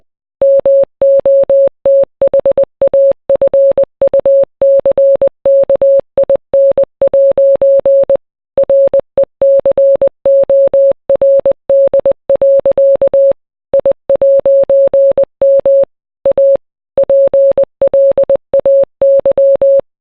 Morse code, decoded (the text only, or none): MOTHAFUCKIN' RECORD. I'M A PLAY